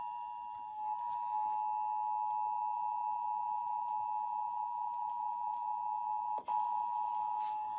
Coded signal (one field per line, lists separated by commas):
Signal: Emergency Alert System (SAME) tones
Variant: 853 and 960 Hz attention tone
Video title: EAS 412 - WBAL SCREWING UP A RMT (WIYY)